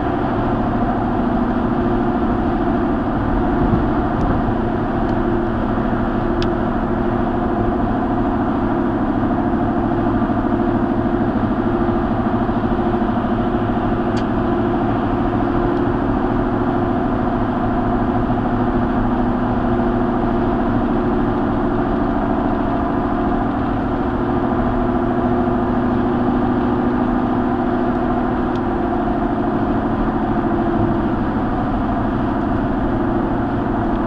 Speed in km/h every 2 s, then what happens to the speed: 119, 118, 116, 118, 118, 116, 118, 118, 119, 119, 119, 119, 121, 121, 118, 116, 114.
0-27 steady at about 118. 27-34 slows to 114.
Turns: none.